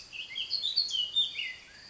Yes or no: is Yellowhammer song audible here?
no